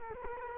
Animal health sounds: mosquito wingbeat signal from an infrared sensor; Culex quinquefasciatus

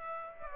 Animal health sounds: mosquito wingbeat signal from an infrared sensor; Aedes aegypti

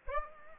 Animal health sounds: mosquito wingbeat signal from an infrared sensor; Aedes aegypti

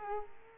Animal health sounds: mosquito wingbeat signal from an infrared sensor; Culex quinquefasciatus

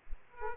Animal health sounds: mosquito wingbeat signal from an infrared sensor; Aedes aegypti

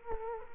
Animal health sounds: mosquito wingbeat signal from an infrared sensor; Culex quinquefasciatus

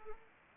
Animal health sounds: mosquito wingbeat signal from an infrared sensor; Anopheles arabiensis

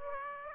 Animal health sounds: mosquito wingbeat signal from an infrared sensor; Aedes aegypti

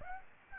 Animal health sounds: mosquito wingbeat signal from an infrared sensor; Aedes aegypti

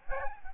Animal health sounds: mosquito wingbeat signal from an infrared sensor; Aedes albopictus

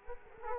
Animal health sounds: mosquito wingbeat signal from an infrared sensor; Culex quinquefasciatus

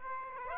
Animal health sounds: mosquito wingbeat signal from an infrared sensor; Aedes aegypti

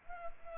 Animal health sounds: mosquito wingbeat signal from an infrared sensor; Culex pipiens

